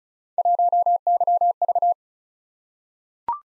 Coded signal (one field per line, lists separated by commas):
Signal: Morse code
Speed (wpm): 36 wpm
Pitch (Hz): 700 Hz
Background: none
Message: 1YV